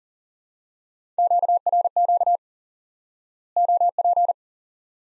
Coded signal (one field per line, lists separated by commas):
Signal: Morse code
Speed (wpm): 40 wpm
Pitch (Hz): 700 Hz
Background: none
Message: QRQ OP